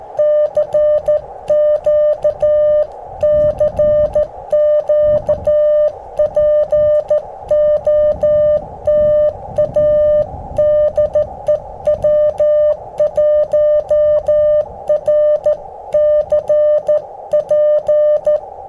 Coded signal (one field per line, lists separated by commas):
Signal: Morse code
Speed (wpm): 14 wpm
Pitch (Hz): 600 Hz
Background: music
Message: CQ CQ POTA DE W1RCP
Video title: Using the G0NVT PB213 Straight Key: Parks on the Air @ K-2195 Reed Bingham State Park & Easter Eggs!